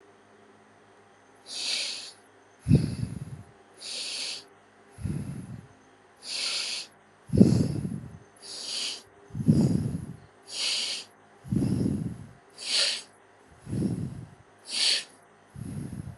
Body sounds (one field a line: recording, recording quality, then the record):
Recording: shallow breathing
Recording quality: excellent, no background noise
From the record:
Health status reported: healthy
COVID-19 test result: negative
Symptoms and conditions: none ticked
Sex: male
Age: 30 years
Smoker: yes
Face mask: not worn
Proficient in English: yes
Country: India